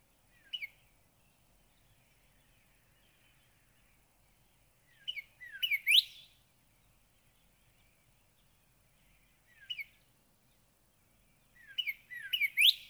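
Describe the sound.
Northern cardinal song: brief whistled phrases of downslurred notes ending in quick rising sweeps, given four times with pauses between, over a quiet background.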